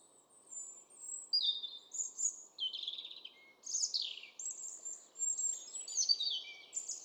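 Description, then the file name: European robin song, a continuous run of high, thin, warbled and trilled phrases, varied and fluid, over low steady background noise. "Erithacus rubecula"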